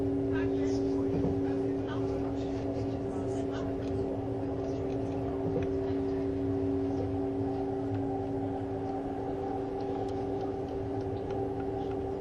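Inside an ICN tilting train on the Gotthard line, a steady low rumble runs throughout with two constant droning tones underneath. Voices murmur in the background, and faint clicks and small knocks come and go over the even running noise.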